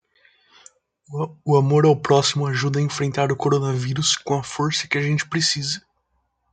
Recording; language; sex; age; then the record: spoken sentence; Brazilian Portuguese; female; 20 to 29 years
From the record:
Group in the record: control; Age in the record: 26 years